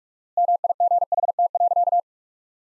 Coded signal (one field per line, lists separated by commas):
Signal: Morse code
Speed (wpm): 47 wpm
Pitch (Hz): 700 Hz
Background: none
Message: MIGHT.